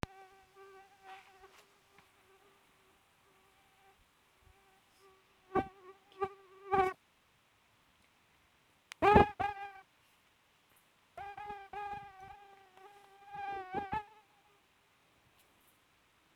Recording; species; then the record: mosquito flight sound by mobile phone; Aedes sierrensis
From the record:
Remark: free flight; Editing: field recording with all noises